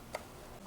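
After the fan blade is refitted on top of the motor, the blue plastic cover of an aquarium lift pump is pressed back onto the motor housing during a repair to quiet the noisy pump. A single sharp click at 0.2 s is the cover latching into place, leaving it seated and the job finished.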